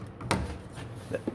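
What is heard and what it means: A blue 3D-printed plastic plug with a finger ring and retaining lip is pushed into the windshield washer fluid reservoir fill neck of a 2025 Ranger Raptor during a cold air intake installation. It pops into place with a sharp click at 0.3 s, after a faint tap at 0.2 s, and is followed by softer handling knocks around 1.1 s and 1.3 s. The plug seats with a snug, locked-in fit.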